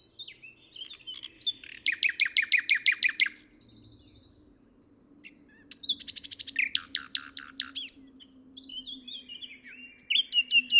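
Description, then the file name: Common nightingale song in two loud phrases of rapid, evenly repeated chirping notes separated by a pause, with a third burst beginning at the end. "Luscinia megarhynchos"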